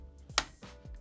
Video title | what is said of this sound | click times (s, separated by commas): Juki TL-2010Q Sewing Machine UNBOXING | it's actual you can hear the click into place there now | 0.4 s